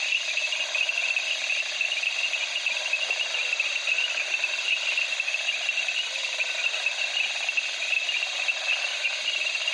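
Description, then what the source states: Cricket and frog: crickets trill steadily and shrilly while frogs add rapid clicking, rattling pulses, with occasional soft gliding notes in the dense chorus. At night among reeds in the Okavango, Africa, with crickets and frogs calling.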